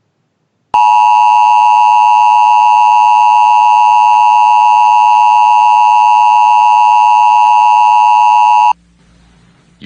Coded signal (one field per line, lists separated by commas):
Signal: Emergency Alert System (SAME) tones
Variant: 853 and 960 Hz attention tone